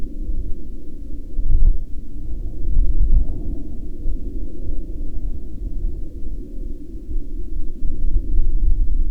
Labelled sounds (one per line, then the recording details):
aircraft
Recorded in the Arctic National Wildlife Refuge, Alaska, on 10 June 2019 at 06:57
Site 33